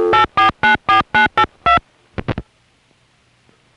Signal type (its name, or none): DTMF